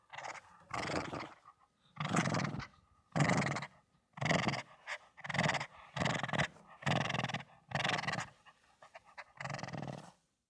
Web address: Soundopolis - Dogs Dog Shih Tzu Growl Fienup